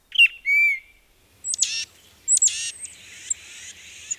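Tufted titmouse calls: a short whistled note and a level whistle, followed by two harsh buzzy notes with thin high pips and a long raspy tail.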